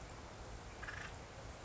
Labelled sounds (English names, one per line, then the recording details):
Acorn Woodpecker
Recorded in Sonoma County, California